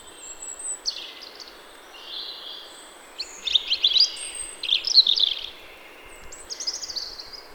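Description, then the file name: European robin singing a run of high, tinkling notes and rapid twittering trills, with short pauses between phrases and soft background hiss. "Erithacus rubecula"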